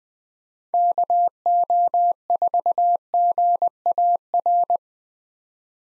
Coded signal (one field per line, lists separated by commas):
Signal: Morse code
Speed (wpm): 20 wpm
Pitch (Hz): 700 Hz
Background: none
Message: KO4GAR